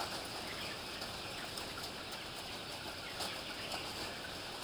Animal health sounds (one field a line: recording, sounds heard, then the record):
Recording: poultry house recording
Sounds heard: healthy chickens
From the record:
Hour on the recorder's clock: 14